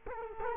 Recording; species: mosquito wingbeat signal from an infrared sensor; Culex quinquefasciatus